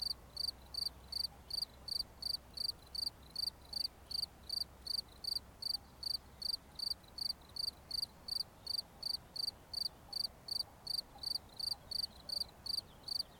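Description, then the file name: Cricket chirping in a long steady train of high pulsed chirps, nearly three per second. "Grillons"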